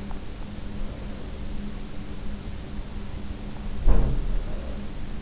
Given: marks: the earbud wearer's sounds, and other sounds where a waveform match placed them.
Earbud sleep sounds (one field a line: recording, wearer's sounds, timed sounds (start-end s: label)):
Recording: sounds in sleep by an in-ear microphone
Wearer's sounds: teeth grinding, breath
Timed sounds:
0.00-0.35 s: teeth grinding
0.55-1.84 s: breath
3.68-5.17 s: sound from someone else or the room
4.23-5.17 s: breath